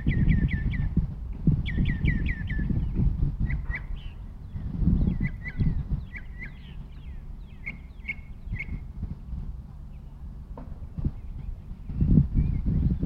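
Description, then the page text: Northern mockingbird song with quick repeated chirps in clusters of several, then a run of varied squeaky phrases, against a low steady rumble. Recorded in Maryland. "Maryland Biodiversity. Northern Mockingbird ( Mimus polyglottos )"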